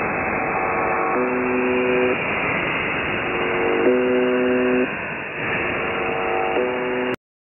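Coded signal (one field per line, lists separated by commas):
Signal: channel marker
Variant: buzzer type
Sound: repeating harmonic buzzes, each a higher then lower part, roughly every three seconds, over hiss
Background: radio static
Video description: could that be the reason that they are now are transmitting on 4810 ? : location is apparently near Changdu in China. it looks stronger also as the old MDZhB (Russian: МДЖБ)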